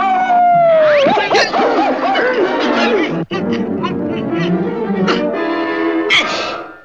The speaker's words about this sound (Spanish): Eso no es más que un viejo coyote que le aúlla a la luna.